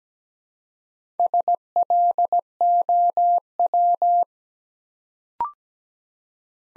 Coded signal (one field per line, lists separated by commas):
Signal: Morse code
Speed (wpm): 17 wpm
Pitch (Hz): 700 Hz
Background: none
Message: SLOW